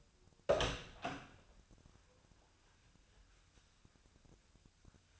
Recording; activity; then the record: daily activity, microphone in the room; open door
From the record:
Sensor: 2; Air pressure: 1007.4 hPa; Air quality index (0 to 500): 182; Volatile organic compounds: 10 ppm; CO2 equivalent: 2238 ppm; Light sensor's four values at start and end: 10/23/10/10 and 10/24/10/10